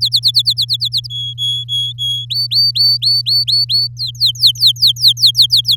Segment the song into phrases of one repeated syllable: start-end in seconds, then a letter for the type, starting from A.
0.01-1.07 A, 1.10-2.25 B, 2.30-3.88 C, 3.97-5.76 D